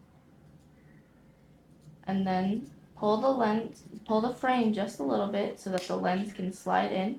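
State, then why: Not seated. A replacement lens for Oakley Flak 2.0 XL OO9188 sunglasses is placed into the frame groove and positioned on the second side, before the frame is pulled and the lens is pushed home. After a quiet start, someone talks from about 2.1 s to the end. Nothing has seated or clicked yet.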